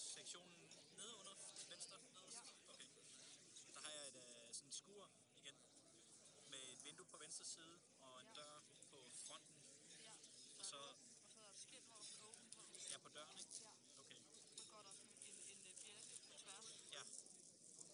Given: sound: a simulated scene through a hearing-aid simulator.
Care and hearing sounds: conversation; cafeteria; 0 dB SNR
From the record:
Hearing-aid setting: III (slow-acting compression, loudness normalization, advanced features for about 2.5 dB of SNR improvement); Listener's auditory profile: D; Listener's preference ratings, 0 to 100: 47, 57, 87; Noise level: 65 dB SPL

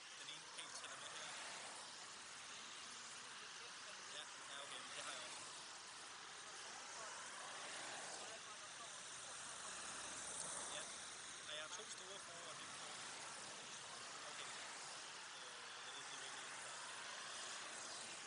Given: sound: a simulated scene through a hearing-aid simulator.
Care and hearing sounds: conversation; traffic; -6 dB SNR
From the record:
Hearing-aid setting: anchor resembling a broken hearing aid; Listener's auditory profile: C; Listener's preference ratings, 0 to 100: 0, 0, 1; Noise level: 75 dB SPL

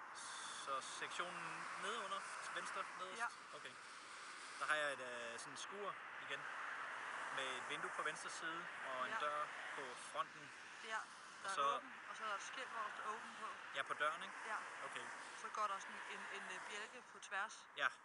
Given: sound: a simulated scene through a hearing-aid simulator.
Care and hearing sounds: conversation; traffic; +4 dB SNR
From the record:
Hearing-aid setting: IV (slow-acting compression, loudness normalization); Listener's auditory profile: D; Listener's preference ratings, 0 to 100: 89, 73, 70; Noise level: 75 dB SPL

